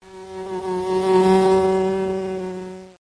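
Bee producing a steady, low droning buzz that swells slightly in loudness and then stops abruptly near the end.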